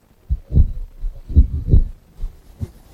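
Large falling Falcon 9 rocket debris fragments, which came down on fields and private property, produce a series of deep, low booming thuds, irregular and loosely paired, so the rumbling pulses resemble a slow heartbeat, with no voices present.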